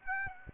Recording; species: mosquito wingbeat signal from an infrared sensor; Aedes aegypti